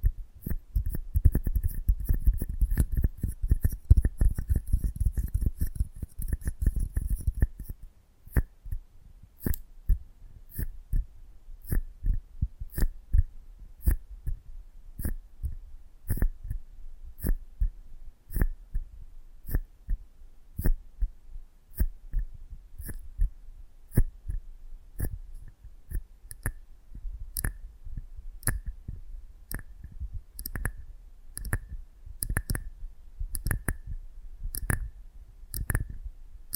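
Close-miked handling starts with a dense, low rumbling flurry of clicks for about eight seconds, then settles into sparse, sharp clicks and taps.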